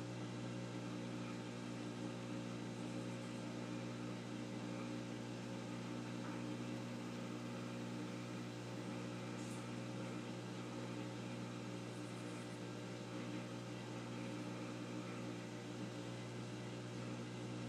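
A washing machine runs with a steady, unbroken mechanical hum, its low drone holding a constant pitch with several fixed tones layered above. The level stays even throughout, with only a faint brief click or rattle around the ninth second.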